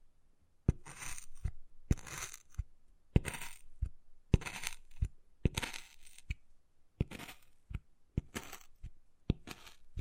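Wood carving, with sharp taps landing roughly every half second to second, each followed by bright, hissy scratching strokes. The pattern repeats steadily through the ten seconds, alternating crisp knocks and rasping scrapes with brief quiet gaps between.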